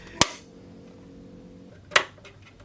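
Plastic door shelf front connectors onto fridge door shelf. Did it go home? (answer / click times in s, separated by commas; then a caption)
yes / 0.2 s, 2.0 s. A new plastic front is fitted to an Indesit fridge freezer door shelf: with one side already clipped in, its two front connectors are pushed onto the shelf. Two sharp, loud clicks come at 0.2 s and 2.0 s over a faint steady hum, followed by a few small soft ticks near the end. Both connectors click home and are seated.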